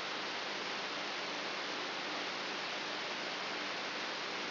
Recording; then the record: brain microelectrode recording played as sound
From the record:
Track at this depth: inside the subthalamic nucleus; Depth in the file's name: 1.44 mm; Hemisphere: right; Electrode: 3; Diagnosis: Parkinson's disease